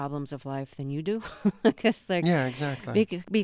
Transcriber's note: soundbite of laughter